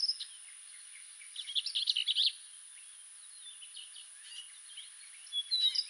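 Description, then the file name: Orchard oriole giving a brief, dense chattering burst of whistled notes amid sparser, fainter notes. "Orchard Oriole - Icterus spurius"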